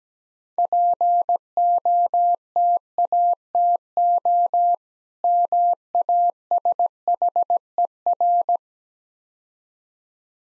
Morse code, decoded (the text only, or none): POTATO MASHER